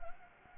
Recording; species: mosquito wingbeat signal from an infrared sensor; Anopheles gambiae